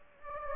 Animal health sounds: mosquito wingbeat signal from an infrared sensor; Anopheles gambiae

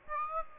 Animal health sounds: mosquito wingbeat signal from an infrared sensor; Aedes aegypti

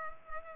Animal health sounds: mosquito wingbeat signal from an infrared sensor; Culex pipiens

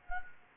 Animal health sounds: mosquito wingbeat signal from an infrared sensor; Anopheles gambiae

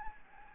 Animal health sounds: mosquito wingbeat signal from an infrared sensor; Anopheles gambiae

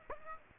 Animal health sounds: mosquito wingbeat signal from an infrared sensor; Aedes aegypti

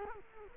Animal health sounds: mosquito wingbeat signal from an infrared sensor; Culex quinquefasciatus

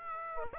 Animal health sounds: mosquito wingbeat signal from an infrared sensor; Aedes aegypti

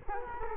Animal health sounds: mosquito wingbeat signal from an infrared sensor; Culex quinquefasciatus

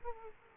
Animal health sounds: mosquito wingbeat signal from an infrared sensor; Aedes aegypti

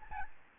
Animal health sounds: mosquito wingbeat signal from an infrared sensor; Aedes albopictus

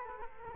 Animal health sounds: mosquito wingbeat signal from an infrared sensor; Culex quinquefasciatus

